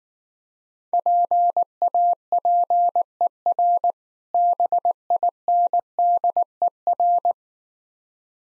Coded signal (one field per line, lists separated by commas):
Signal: Morse code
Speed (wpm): 19 wpm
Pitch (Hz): 700 Hz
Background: none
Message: PAPER BINDER